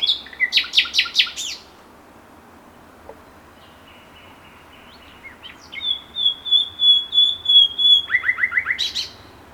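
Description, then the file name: Common nightingale song: a loud fast series of notes, a pause, quiet buzzy notes, a long pure whistle held steady, then a rapid repeated burst. "Luscinia megarhynchos"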